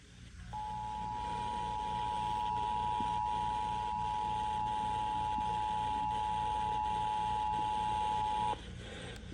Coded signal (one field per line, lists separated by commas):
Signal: Emergency Alert System (SAME) tones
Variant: 853 and 960 Hz attention tone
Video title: EAS Flash Flood Warning 105.1 WIOV EAS#277